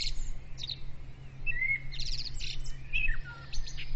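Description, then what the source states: Bird song from several birds: quick chirps, a clear rising whistle and buzzy trills, over a steady low hum throughout. Birds' dawn praise (dawn chorus), recorded with a ZOOM recorder.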